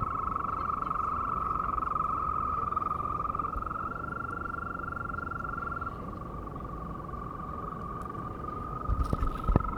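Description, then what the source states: European green toad giving a long, steady, high musical trill that runs unbroken throughout, shifting slightly in pitch partway, over a low rumbling background with a few knocks at the end. Long calls of European green toad recorded on 2 April 2017.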